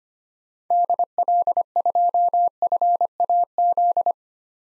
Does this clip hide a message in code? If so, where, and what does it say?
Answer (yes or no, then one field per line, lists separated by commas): yes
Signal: Morse code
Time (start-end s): 0.7-4.1 s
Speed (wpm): 25 wpm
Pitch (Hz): 700 Hz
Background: none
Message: DL2FAZ